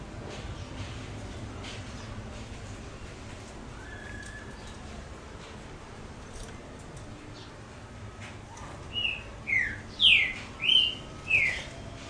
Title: Canto Coleiro